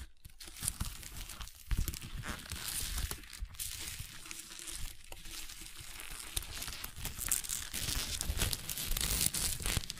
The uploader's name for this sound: Crunchy Slime x Brain Scratching